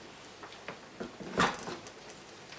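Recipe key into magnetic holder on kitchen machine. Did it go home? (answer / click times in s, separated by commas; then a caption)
no / none. A small plastic recipe key with three gold contacts is turned and lined up by hand beside the magnetic holder on a Vorwerk Thermomix TM5 kitchen machine. Faint handling taps and rustles occur around 0.3, 0.7, 1.0 and 1.9 seconds, with a louder knock at 1.4 seconds. The key has not yet snapped into the holder.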